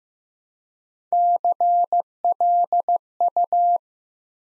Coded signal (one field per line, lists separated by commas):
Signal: Morse code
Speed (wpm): 15 wpm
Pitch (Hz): 700 Hz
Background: none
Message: CLU